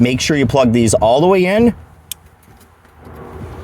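Someone talks, then a start/stop eliminator harness connector on a 2025–2026 Ford Maverick is pushed fully into the vehicle module. A sharp click at 2.1 s marks the connector seating into the module, followed by quiet background sound.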